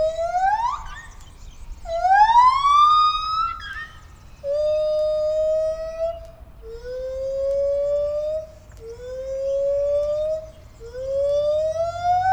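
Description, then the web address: Lar gibbon calls: a series of long, rising whistled hoots, each sliding upward over one to two seconds, repeated about every two seconds over a low background rumble. Captive at Debrecen Zoo, 2012; small rattling noises. "allathangok debrecenizoo 2012 feherkezugibbon kisebbzorgesek"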